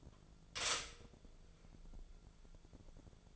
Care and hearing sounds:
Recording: daily activity, microphone in the room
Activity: stop toaster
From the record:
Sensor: 5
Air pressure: 1000.3 hPa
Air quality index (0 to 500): 129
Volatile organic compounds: 2 ppm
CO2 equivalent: 1015 ppm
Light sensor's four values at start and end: 83/194/83/89 and 83/194/83/89

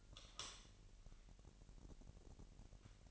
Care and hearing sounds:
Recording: daily activity, microphone in the room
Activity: light on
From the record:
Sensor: 4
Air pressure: 1002.7 hPa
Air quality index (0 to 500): 249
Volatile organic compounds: 17 ppm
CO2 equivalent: 2567 ppm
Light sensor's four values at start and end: 6/14/5/6 and 7/16/6/7

